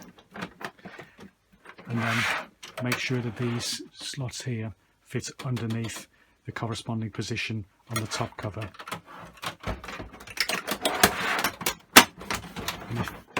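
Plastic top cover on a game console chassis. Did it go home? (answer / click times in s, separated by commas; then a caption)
yes / 12.0 s. Someone talks while reassembling an original Xbox One, fitting the plastic top cover's slots under their matching positions on the console chassis and pressing the cover down. Several plastic taps and knocks sound from about 10.4 s onward. The cover clicks properly into place with a sharp click at 12.0 s.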